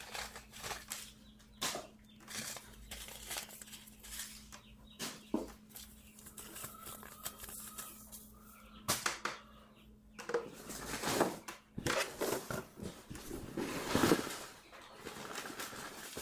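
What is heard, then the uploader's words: Packets of seeds are shuffled and sorted, giving a run of papery rustles and crisp, bright rattles that come every second or so. A low steady hum runs underneath throughout. After about ten seconds the handling gets busier and louder, with denser clusters of crackling taps. Sorting Seed packets. Sorting packets of seeds.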